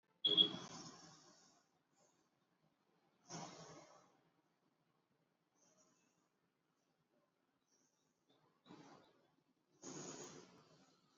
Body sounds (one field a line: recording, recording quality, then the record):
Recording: deep breathing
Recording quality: excellent, no background noise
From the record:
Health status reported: exposed to COVID-19, no respiratory illness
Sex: male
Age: 24 years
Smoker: no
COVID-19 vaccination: both doses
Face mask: worn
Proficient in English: yes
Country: India